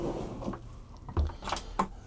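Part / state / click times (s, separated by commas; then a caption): pull-out storage drawer in a motorhome ottoman base / seated / 1.8 s. A large, deep pull-out storage drawer in the driver-side ottoman base of a 2024 Pleasure-Way Plateau XLTS motorhome is pushed shut, with a few softer knocks and sliding sounds before the latch. The latch catches with a sharp final click at 1.8 s, locking the drawer closed in place for travel.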